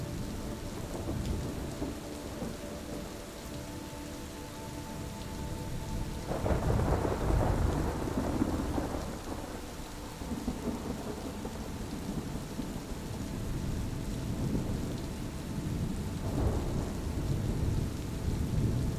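A powerful storm with steady rain hissing throughout and deep thunder rolling in around six seconds, rumbling for a few seconds, then again near sixteen seconds. Soft, sustained musical tones hover beneath the rain in the first third, fading as the thunder arrives.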